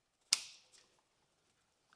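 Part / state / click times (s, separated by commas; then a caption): fan harness connector into mating connector / seated / 0.3 s. The plastic fan wiring harness connector on a Ventrac 4520N canopy is pushed into its mating connector under the seat area, snapping together with a sharp click at 0.3 s that rings off briefly. A faint rattle follows around 0.8 s and a tiny tick near 1.9 s, and the connector halves are seated.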